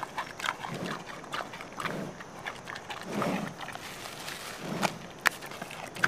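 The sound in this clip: Panda giving several hoarse, low bleats, with a few sharp clicks near the end.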